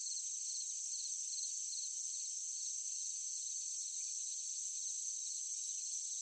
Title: Sound of forest at night, crickets, cicadas, insects. ASMR Nature Sound